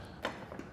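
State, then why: Seated. A wheeled weight bench base is pulled back into place by raising its handle and locks into a rack frame. A knock is heard at 0.3 s as it seats, followed by a fainter tick around 0.5 s. The bench is locked in position.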